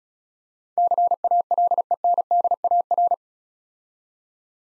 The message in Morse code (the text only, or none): CALENDAR